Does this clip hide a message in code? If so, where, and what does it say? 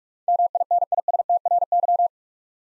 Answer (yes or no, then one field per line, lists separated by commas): yes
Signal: Morse code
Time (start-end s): 0.3-2.1 s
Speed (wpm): 41 wpm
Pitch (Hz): 700 Hz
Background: none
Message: MINISTRY